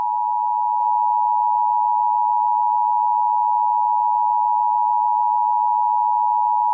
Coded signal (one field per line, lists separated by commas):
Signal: Emergency Alert System (SAME) tones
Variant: 853 and 960 Hz attention tone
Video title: EAS Scenario #6: Jeff the Killer.